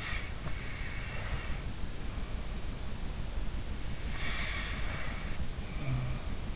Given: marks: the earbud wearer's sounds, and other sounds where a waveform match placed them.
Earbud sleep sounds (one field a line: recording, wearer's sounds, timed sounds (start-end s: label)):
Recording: sounds in sleep by an in-ear microphone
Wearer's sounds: breath, snoring breath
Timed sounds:
0.00-2.75 s: breath
4.12-6.31 s: snoring breath